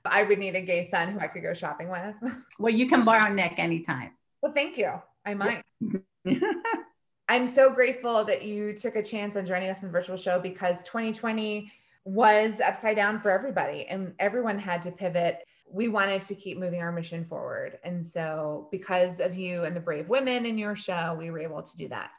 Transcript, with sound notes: I would need a gay son who I could go shopping with.
Well you can borrow Nic anytime.
Well, thank you. I might. (laughing) I’m so grateful that you took a chance of joining us in the virtual show because 2020 was upside down for everybody and everyone had to pivot—we wanted to keep moving our mission forward and so, because of you and the brave women in your show, we were able to do that.